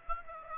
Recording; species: mosquito wingbeat signal from an infrared sensor; Aedes aegypti